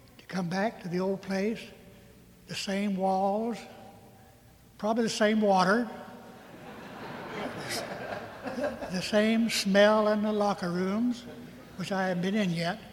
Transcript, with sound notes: to come back to the old place, the same walls, probably the same water [laughter] the same smell in the locker rooms, which I haven’t been in yet.